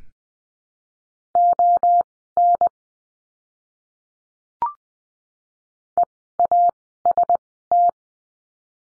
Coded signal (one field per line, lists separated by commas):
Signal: Morse code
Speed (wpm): 19 wpm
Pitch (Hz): 700 Hz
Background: none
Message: ON EAST